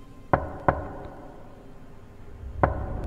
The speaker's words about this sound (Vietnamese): Tiếng gõ cửa lạnh ngắt đều đặn cứ khe khẽ vang lên trong đêm mùa đông mờ mịt.